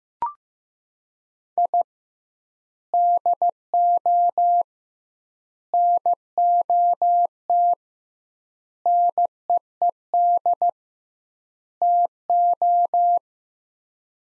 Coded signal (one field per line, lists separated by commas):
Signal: Morse code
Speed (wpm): 15 wpm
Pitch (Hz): 700 Hz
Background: none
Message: I DO NOT NEED TO